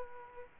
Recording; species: mosquito wingbeat signal from an infrared sensor; Aedes aegypti